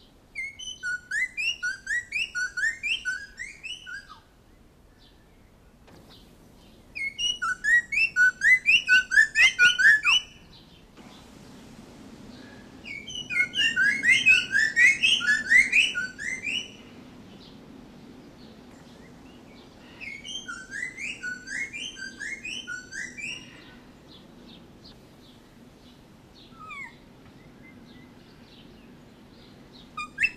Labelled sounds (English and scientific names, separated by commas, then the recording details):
Lesser Vasa Parrot (Coracopsis nigra) call
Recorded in captivity
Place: Zoo Darmstadt, Hessen, DE
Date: 1984-07-13
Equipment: Halbspur, 9,5 cm/s
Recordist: Lütgens, Hans
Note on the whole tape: Vier Tiere